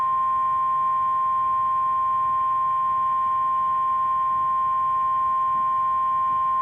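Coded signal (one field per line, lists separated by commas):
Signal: Emergency Alert System (SAME) tones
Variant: 1050 Hz attention tone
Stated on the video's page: NOAA Weather Radio severe thunderstorm warning and special marine warning, two alerts, received online.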